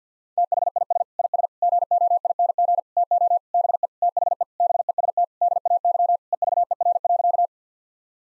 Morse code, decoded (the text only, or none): THIS IS GOING TO BE THE BEST DAY EVER.